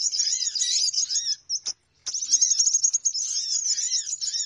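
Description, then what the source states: Birds twittering densely at high pitch with repeated curved whistled notes, a short gap of silence near the middle, then the chattering returns. Lure sound played to attract birds; title says many noisy birds gather close as soon as it is played.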